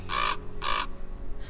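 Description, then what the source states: Raven calls, two rough, grating caws over a low steady hum. Raven in the hot, arid desert Southwest.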